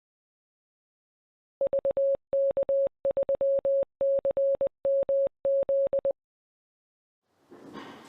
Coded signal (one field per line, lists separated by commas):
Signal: Morse code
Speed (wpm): 20 wpm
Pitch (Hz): 550 Hz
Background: none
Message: VK3CMZ